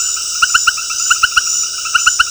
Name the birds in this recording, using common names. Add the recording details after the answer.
none. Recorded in dense forest near Puerto Asís, Putumayo, Colombia, on 21 February 2024 at 20:00. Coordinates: 0.485, -76.325. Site G6429